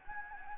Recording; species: mosquito wingbeat signal from an infrared sensor; Anopheles gambiae